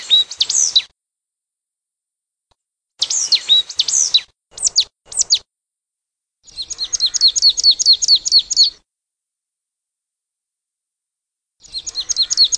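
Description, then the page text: Marsh tit giving sharp, high downslurred calls in brief bursts, then a long rapid series of repeated notes, a pause, and another series starting. Playback recording used for a marsh tit survey. "Hampshire Ornithological Society 2023 Marsh Tit Survey"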